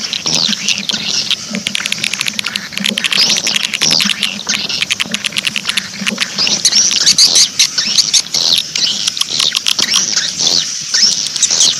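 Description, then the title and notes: Swiftlet twitters, fast high chirps repeated densely over a faint low hum. Swiftlet sound used in swiftlet farming, Asia. "Swiflet Bird Sound. Farming Swiflet Bird asia sound"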